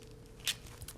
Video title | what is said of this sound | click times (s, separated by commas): Video: 2015 Q2 Masters of the Universe Classics Update | She will come with this awesome removable halo that just clicks around there. | 0.5 s